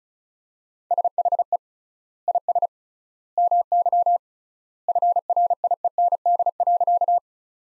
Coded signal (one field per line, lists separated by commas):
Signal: Morse code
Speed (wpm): 36 wpm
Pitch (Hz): 700 Hz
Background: none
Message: SHE IS MY FRIEND.